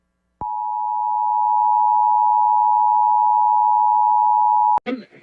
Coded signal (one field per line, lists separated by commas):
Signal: Emergency Alert System (SAME) tones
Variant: 853 and 960 Hz attention tone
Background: speech